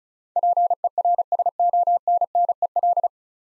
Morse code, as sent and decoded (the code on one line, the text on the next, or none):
.--. . .-. ... --- -. -. . .-..
PERSONNEL